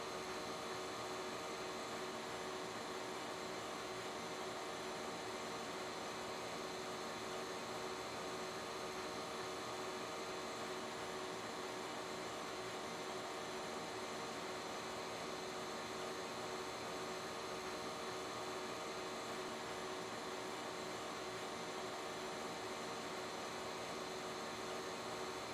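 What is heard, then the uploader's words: A fan system runs with a steady, unchanging whoosh of rushing air that fills the mids and highs. A constant hum sits beneath it, with fine tonal whines woven through. Nothing else stands out across the whole stretch, and the level never shifts. Seeqc Sounds: Fan System.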